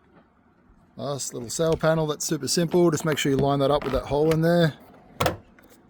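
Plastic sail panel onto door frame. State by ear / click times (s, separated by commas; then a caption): seated / 5.2 s. A plastic sail panel is lined up with its hole and pushed onto the door frame of a 2005–2015 Toyota Hilux N70 during a front speaker install using all original parts and wiring. Someone talks from about 1.0 to 4.7 s, then the panel snaps on with a single loud, sharp snap at 5.2 s, seating it in place.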